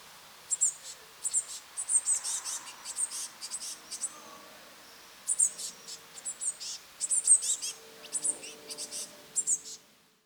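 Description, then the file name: Eurasian blue tit calls, high thin notes with buzzy bursts in two loose series, with a faint low hum beneath. "Cyanistes caeruleus"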